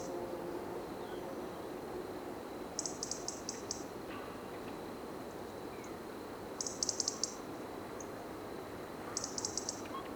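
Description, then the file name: European robin tick calls: three short bursts of several high dry ticks over a low steady hiss. "Erithacus rubecula"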